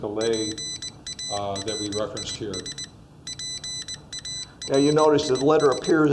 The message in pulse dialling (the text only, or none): none